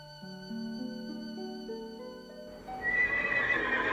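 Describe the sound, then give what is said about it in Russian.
A horse named Tauka neighs at night on the plain by the Guamini River: one long, loud whinny, its pitch stepping upward in shaky stages before breaking into a rougher, breathy snort at the end. No one speaks. “Что с тобой, Таука? Ты учуяла какого-то врага?”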